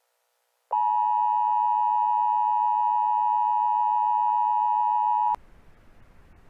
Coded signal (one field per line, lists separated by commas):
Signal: Emergency Alert System (SAME) tones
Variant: 853 and 960 Hz attention tone